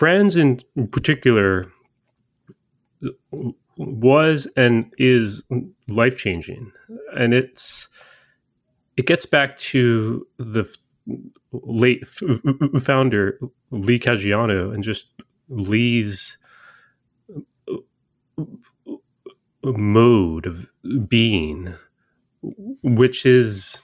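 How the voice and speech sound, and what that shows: A low-pitched adult man who stutters speaks in short bursts broken by long silent gaps mid-phrase, one lasting over three seconds, with drawn-out sounds such as "to" and "late". These silent blocks and prolongations fit stuttering, a fluency disorder that interrupts the flow of speech.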